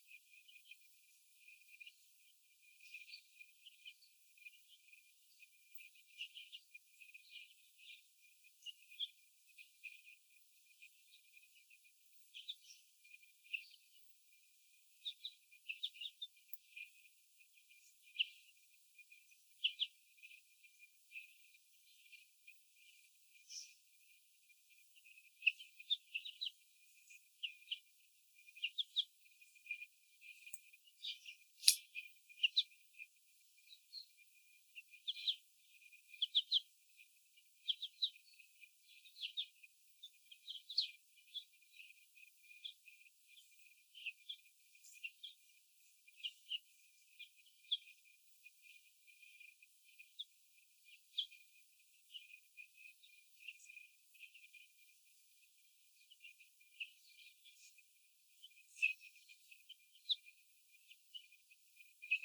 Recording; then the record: young laying hens in a cage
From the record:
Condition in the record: before the stressor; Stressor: sudden umbrella opening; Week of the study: 3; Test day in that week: 2